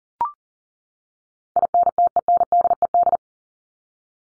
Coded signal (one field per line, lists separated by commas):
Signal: Morse code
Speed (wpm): 40 wpm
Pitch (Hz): 700 Hz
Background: none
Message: INTENDED